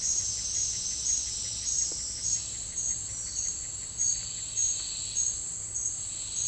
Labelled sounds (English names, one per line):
none